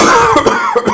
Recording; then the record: coughing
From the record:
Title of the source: Mid-morning Winter Coughing Fit